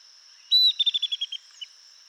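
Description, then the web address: Pearl kite call: one drawn-out high whistle followed by a quick run of about seven sharp clipped notes, with a constant shrill insect drone behind. "Pearl kite. صدای-پرنده-کورکور-مرواریدی"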